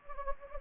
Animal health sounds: mosquito wingbeat signal from an infrared sensor; Anopheles gambiae

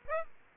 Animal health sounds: mosquito wingbeat signal from an infrared sensor; Aedes aegypti

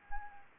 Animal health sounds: mosquito wingbeat signal from an infrared sensor; Anopheles arabiensis

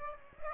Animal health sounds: mosquito wingbeat signal from an infrared sensor; Aedes aegypti

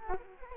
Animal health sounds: mosquito wingbeat signal from an infrared sensor; Culex quinquefasciatus

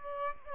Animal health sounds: mosquito wingbeat signal from an infrared sensor; Aedes aegypti

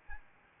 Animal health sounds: mosquito wingbeat signal from an infrared sensor; Aedes albopictus

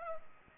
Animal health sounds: mosquito wingbeat signal from an infrared sensor; Culex pipiens

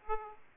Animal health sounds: mosquito wingbeat signal from an infrared sensor; Aedes aegypti

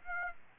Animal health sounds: mosquito wingbeat signal from an infrared sensor; Aedes aegypti

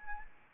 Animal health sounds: mosquito wingbeat signal from an infrared sensor; Anopheles arabiensis

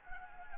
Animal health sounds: mosquito wingbeat signal from an infrared sensor; Anopheles gambiae

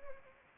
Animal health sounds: mosquito wingbeat signal from an infrared sensor; Anopheles arabiensis

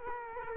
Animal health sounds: mosquito wingbeat signal from an infrared sensor; Culex quinquefasciatus

